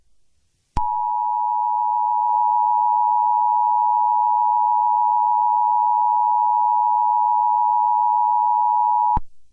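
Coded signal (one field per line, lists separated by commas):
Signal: Emergency Alert System (SAME) tones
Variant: 853 and 960 Hz attention tone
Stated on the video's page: Fictional EAS scenario.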